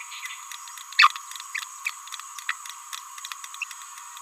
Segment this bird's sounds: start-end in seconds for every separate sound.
0.99-1.11, 3.62-3.64